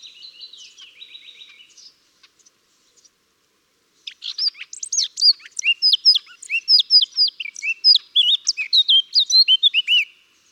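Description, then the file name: Eurasian blackcap song opening with soft, buzzy, scratchy chatter, then a pause, then a long run of loud, clear, fluting whistled notes in quick succession. "Sylvia atricapilla"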